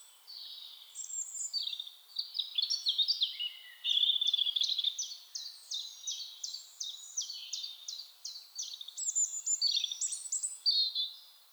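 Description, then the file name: European robin: continuous high, sweet phrases, warbled runs giving way to long strings of quick repeated downslurred notes and squeaky flourishes, lively throughout. "Erithacus rubecula"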